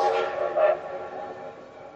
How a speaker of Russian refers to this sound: Тоскливый вой паровозного гудка легко перекрыл все остальные звуки, возвысился и резко умолк, а состав из полудюжины синих, трех зеленых и одного желтого вагона плавно тронулся в недалекий путь до Москвы.